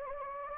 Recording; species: mosquito wingbeat signal from an infrared sensor; Anopheles gambiae